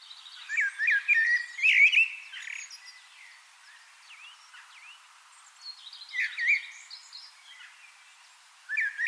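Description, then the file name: Common blackbird song: short warbled phrases with chirpy, squeaky notes, coming in three bursts with quiet gaps between them. "Turdus merula"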